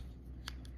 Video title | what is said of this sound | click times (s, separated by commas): How to Replacement the Remote Battery for 2010 Acura MDX.🗝️🔋#battery #remote #key #replacement | all see you can hear the click sound | 0.5 s